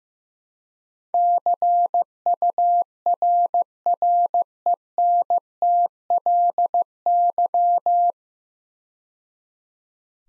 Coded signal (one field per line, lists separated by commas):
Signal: Morse code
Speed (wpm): 15 wpm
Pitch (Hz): 700 Hz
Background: none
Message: CURRENTLY